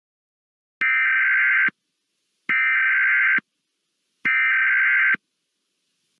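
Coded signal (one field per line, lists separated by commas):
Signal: Emergency Alert System (SAME) tones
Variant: header bursts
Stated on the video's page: Fictional EAS scenario, remastered version with rescripted alerts, simulated rather than real.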